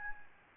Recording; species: mosquito wingbeat signal from an infrared sensor; Anopheles gambiae